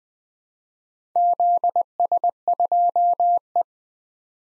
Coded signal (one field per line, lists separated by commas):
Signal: Morse code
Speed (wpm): 20 wpm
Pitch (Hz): 700 Hz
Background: none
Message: ZS2E